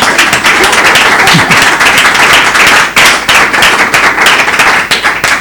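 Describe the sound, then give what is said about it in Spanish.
An audience at a book presentation breaks into steady, loud applause, a dense wash of many hands clapping that holds for about five seconds without anyone speaking over it. “Sé que se leyó mi libro, que tiene 234 páginas, cuidado, sé que lo leyó en tiempo récord, así que un aplauso para”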